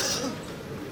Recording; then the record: coughing mixed with background sound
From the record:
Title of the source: November cold (wet coughing)